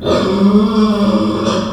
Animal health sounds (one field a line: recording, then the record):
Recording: squeal of a Yucatan mini pig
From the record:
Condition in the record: after surgery on the right vocal fold (resection and tissue-engineered implant)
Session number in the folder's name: 17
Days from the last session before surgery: 195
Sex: female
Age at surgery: 19 weeks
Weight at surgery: 25 kg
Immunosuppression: prednisolone